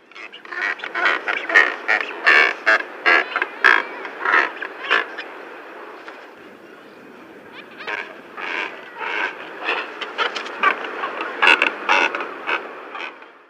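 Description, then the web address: European shag giving harsh, rapid croaking and grunting calls in bursts, with a quieter pause midway before the calling resumes. "European Shag"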